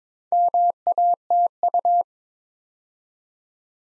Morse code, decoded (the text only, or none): MATU